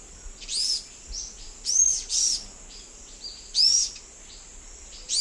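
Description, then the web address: Orange-eyed flatbill calls: sharp, very high upslurred notes, sometimes paired, repeated irregularly over a constant high background drone. Recorded in the eastern lowlands of South America. "Natures Songs S America Eastern Lowlands 388 Orange-eyed Flatbill"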